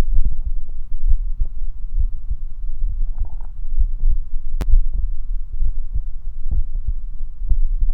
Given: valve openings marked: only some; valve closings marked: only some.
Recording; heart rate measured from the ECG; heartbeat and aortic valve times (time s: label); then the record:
heart sounds by stethoscope; 65 bpm
0.15 s: heartbeat (ECG mark)
0.22 s: aortic valve opens (echo mark)
1.10 s: heartbeat (ECG mark)
1.17 s: aortic valve opens (echo mark)
1.99 s: heartbeat (ECG mark)
2.07 s: aortic valve opens (echo mark)
2.89 s: heartbeat (ECG mark)
2.97 s: aortic valve opens (echo mark)
3.20 s: aortic valve closes (echo mark)
3.80 s: heartbeat (ECG mark)
3.88 s: aortic valve opens (echo mark)
4.72 s: heartbeat (ECG mark)
5.04 s: aortic valve closes (echo mark)
5.64 s: heartbeat (ECG mark)
6.57 s: heartbeat (ECG mark)
7.50 s: heartbeat (ECG mark)
From the record:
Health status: healthy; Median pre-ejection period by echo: 77 ms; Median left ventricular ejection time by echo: 236 ms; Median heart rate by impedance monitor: 65 bpm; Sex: male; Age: 29 years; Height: 170 cm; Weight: 92 kg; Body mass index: 31.83